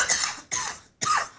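Three quick, harsh coughs about half a second apart, loose-sounding, from an adult with a chest cold.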